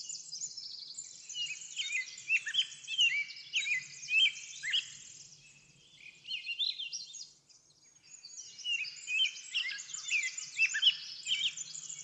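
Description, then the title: Bird song, a busy chorus of rapid chirps and short whistled notes from several birds, pausing briefly near the middle before resuming. Backyard. "Backyard Birds - Ambient Nature Bird Sounds"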